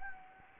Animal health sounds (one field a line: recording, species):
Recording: mosquito wingbeat signal from an infrared sensor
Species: Anopheles gambiae